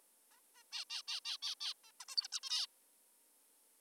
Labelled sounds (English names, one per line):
Zebra Finch